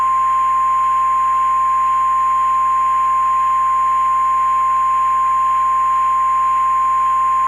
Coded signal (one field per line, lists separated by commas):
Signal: Emergency Alert System (SAME) tones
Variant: 1050 Hz attention tone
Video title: EAS Christmas Special - Stay Frosty